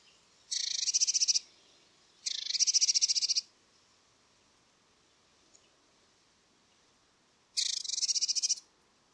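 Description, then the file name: Eurasian blue tit churr: two buzzy rattles close together, a long pause, then a third rattle of rapid dry pulses. "Cyanistes caeruleus"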